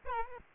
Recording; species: mosquito wingbeat signal from an infrared sensor; Aedes albopictus